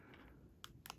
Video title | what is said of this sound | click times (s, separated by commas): How to Fix a Damaged Pokemon Booster Box | You hear that? It's clicking. | 0.6 s, 0.9 s